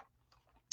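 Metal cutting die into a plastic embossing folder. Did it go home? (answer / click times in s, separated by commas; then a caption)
yes / 0.7 s. A thin metal cutting die is pressed into its matching recess inside a plastic embossing folder, with faint soft ticks and a small tap near 0.3 s. A sharp, bright click at 0.7 s marks the die seating, which shows it is placed right because it clicks into its spot.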